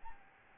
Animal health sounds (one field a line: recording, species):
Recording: mosquito wingbeat signal from an infrared sensor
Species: Aedes albopictus